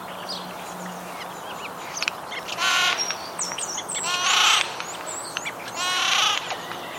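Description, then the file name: Eurasian jay uttering three loud, hoarse screeches about every two seconds, each a rough tearing burst, over high twittering of small birds and a constant low hum. "Garrulus glandarius"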